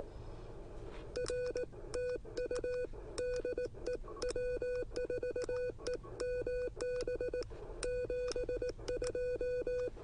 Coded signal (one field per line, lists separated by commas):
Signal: Morse code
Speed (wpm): 18 wpm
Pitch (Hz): 1490 Hz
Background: none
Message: R TU DE W4EMB 72